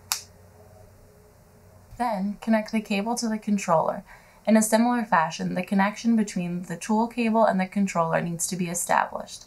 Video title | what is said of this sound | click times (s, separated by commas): JAWS 2.0 Video Manual | you should be able to hear and feel the connectors snap into place | 0.1 s